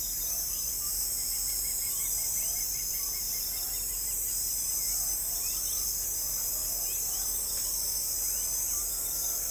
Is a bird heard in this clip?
no